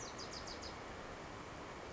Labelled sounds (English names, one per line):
Bewick's Wren